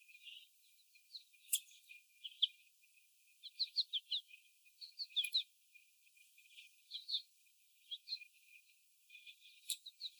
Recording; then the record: young laying hens in a cage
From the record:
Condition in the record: before the stressor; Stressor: sudden umbrella opening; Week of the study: 1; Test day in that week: 1